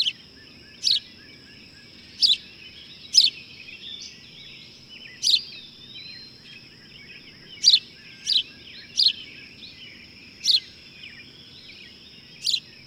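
Bird giving scattered single chirps with long gaps, about ten throughout, over a faint constant high whine.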